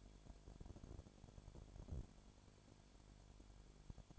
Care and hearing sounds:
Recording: daily activity, microphone in the room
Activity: no activity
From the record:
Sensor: 5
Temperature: 20.2 degrees Celsius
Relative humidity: 36.5%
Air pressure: 1001.2 hPa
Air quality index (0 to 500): 177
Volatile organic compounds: 4 ppm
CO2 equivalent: 1612 ppm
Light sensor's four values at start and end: 2/3/1/1 and 2/3/1/1

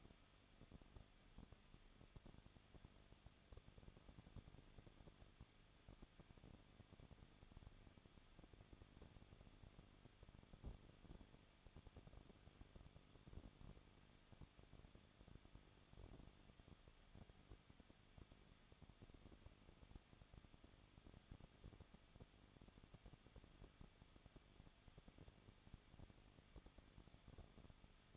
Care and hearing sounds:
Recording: daily activity, microphone in the room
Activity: no activity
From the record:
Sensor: 4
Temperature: 23.0 degrees Celsius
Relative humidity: 34.7%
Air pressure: 1007.2 hPa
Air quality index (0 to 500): 215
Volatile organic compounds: 15 ppm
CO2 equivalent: 2499 ppm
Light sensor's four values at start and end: 2/3/1/1 and 2/3/1/1

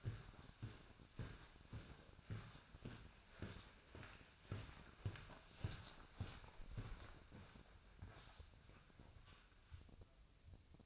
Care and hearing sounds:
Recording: daily activity, microphone in the room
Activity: walk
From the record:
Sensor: 2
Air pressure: 1009.2 hPa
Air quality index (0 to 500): 180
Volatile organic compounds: 2 ppm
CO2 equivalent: 1311 ppm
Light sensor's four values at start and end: 48/125/53/59 and 49/127/54/61

